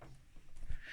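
A Brother KR260 ribber attachment is pushed up into the bed of a Brother KH260 chunky knitting machine while the top of the bed is held. Only quiet low rumbling is heard, with a faint bump at the start, a soft low thud around 0.7 s, and a faint high tone near the end. The ribber has not seated or clicked yet and needs a harder push.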